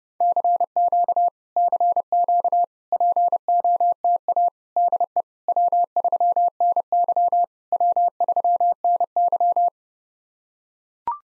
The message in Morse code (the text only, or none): CQ CQ POTA DE W3NY W3NY